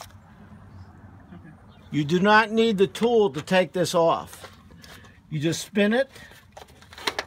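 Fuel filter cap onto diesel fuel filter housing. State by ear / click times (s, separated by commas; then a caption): torque reached / 7.1 s, 7.2 s. Someone talks while a plastic ratcheting fuel filter cap is spun by hand, with no tool, onto a diesel fuel filter housing. Sharp ratchet clicks sound at 7.1 and 7.2 seconds. The clicks show the cap is tight.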